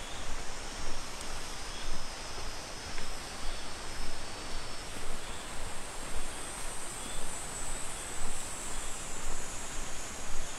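Insects sing outdoors in a steady, dense high-pitched drone that holds for the whole stretch, with a fainter thinner whine just beneath it. A soft rushing hiss fills the lower range and swells gently every second or so, with no distinct separate calls.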